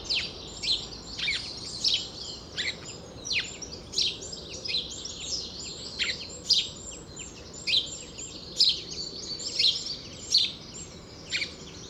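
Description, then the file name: House sparrow chirps: sharp, falling notes repeated roughly every half second to one second, over steady high chattering. "Passer domesticus"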